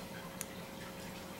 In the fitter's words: I swear these do snap in place. There it goes.